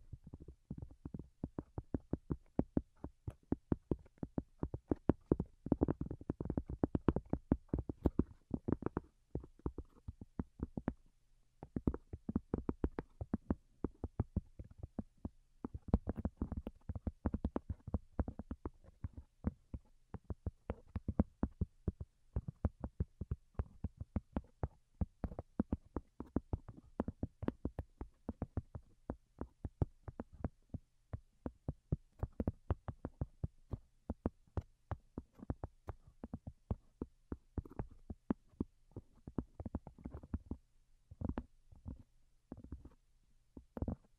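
Soft, close tapping in rapid, fairly dense clusters with brief pauses, low and muffled in tone, over a faint steady low hum.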